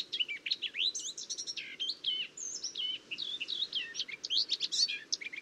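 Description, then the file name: Eurasian blackcap song: an unbroken rich warble of sliding whistles and quick chirps, varied in pitch and pace. "Sylvia atricapilla"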